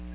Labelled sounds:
Magnolia Warbler flight call

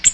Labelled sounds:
Ovenbird flight call

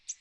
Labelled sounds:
American Redstart flight call

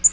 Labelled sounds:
Black-throated Green Warbler flight call

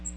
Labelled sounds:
Magnolia Warbler flight call

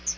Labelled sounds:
Chestnut-sided Warbler flight call

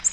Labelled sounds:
Nashville Warbler flight call

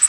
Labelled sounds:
Bay-breasted Warbler flight call

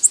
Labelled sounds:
Orange-crowned Warbler flight call

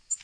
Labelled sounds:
Black-throated Green Warbler flight call

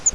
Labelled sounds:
Grace's Warbler flight call

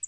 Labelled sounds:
Northern Parula flight call

